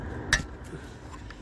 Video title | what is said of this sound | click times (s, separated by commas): rewind install on a lawnmower | Hear that snap? That snap means this has never been done before. | 0.3 s